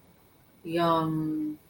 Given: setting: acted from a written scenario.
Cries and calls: vocal sound without words; desire

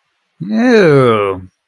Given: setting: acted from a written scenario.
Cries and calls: vocal sound without words; disgust

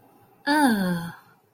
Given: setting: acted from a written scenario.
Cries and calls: vocal sound without words; disappointment

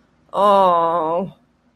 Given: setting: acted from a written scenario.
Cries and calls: vocal sound without words; disappointment

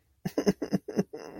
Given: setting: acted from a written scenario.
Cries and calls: vocal sound without words; sadness

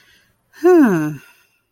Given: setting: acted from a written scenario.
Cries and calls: vocal sound without words; serenity

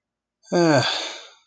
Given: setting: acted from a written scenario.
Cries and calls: vocal sound without words; disappointment

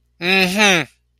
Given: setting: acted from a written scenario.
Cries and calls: vocal sound without words; pride

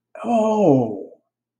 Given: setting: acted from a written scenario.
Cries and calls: vocal sound without words; realization

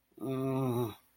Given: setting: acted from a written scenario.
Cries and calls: vocal sound without words; guilt

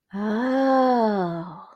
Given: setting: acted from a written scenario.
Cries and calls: vocal sound without words; realization

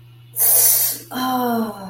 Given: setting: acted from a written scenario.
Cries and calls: vocal sound without words; pain

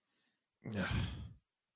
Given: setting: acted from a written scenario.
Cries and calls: vocal sound without words; anger

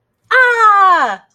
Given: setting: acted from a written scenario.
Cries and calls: vocal sound without words; triumph

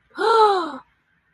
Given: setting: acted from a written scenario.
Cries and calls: vocal sound without words; awe

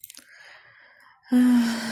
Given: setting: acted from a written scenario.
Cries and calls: vocal sound without words; romantic love

